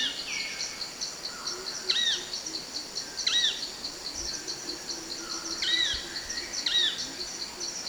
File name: heart spotted woodpecker